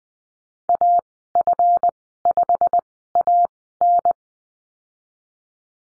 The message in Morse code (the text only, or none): AF5AN